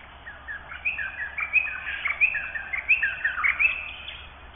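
Fuscous honeyeater calls: a busy series of short chirps and clipped whistled notes, uneven in rhythm, over a low steady background hum.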